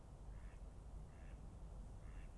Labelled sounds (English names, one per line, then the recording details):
Mallard
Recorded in Germany
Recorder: ecoPi